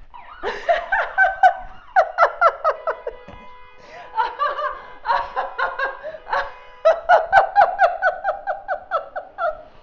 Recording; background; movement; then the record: laughter; traffic; walking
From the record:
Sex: female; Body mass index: 21.8 kg/m2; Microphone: on the chest, facing outward